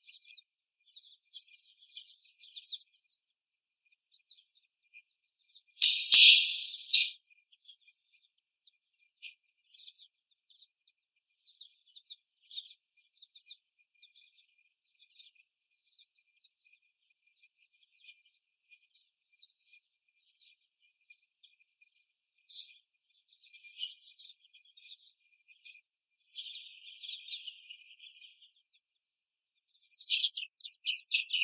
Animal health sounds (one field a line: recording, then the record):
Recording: young laying hens in a cage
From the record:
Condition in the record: after the stressor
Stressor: simulated dog barking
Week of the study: 1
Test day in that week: 1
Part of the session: 1